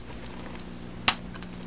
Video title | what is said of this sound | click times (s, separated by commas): Let's build HGUC 1/144 Zaku II pt 2 | There we go. You should hear a click. | 1.1 s